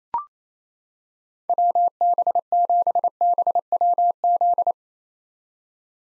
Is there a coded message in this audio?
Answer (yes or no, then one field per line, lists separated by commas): yes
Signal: Morse code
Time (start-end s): 1.5-4.7 s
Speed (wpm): 28 wpm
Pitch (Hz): 700 Hz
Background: none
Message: WB7BWZ